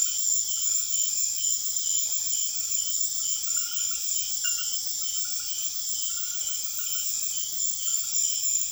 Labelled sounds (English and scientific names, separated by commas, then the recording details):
none
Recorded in secondary vegetation near Puerto Asís, Putumayo, Colombia, on 23 June 2025 at 20:30
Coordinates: 0.500, -76.326
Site GP08